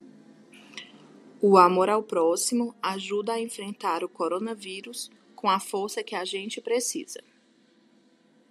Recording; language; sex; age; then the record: spoken sentence; Brazilian Portuguese; male; 30 to 39 years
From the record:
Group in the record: control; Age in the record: 38 years